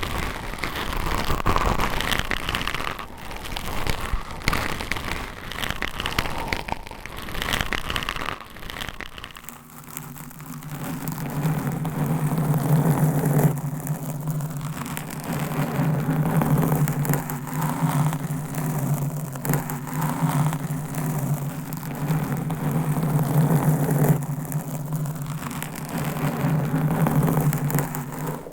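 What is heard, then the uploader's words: Dense scratching and rubbing against a microphone fills the first ten seconds, loud and bright. After that a steady low hum, like an engine or motor droning, sits underneath while softer rustling and scraping continue on and off. Binaural Mic Scratching - Brain Scratching with 10 Mics. No Talking.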